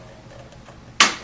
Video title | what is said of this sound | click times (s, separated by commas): Base Cabinet Assembly - NEW Dovetail Assembly | in and you'll hear it lock into place | 1.0 s